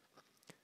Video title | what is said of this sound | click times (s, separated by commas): Ariston Pro 1200 and the Aiwa PX-E850 record turn tables | but once it clicks into place you can just spin it and it moves back and forth | 0.4 s, 0.5 s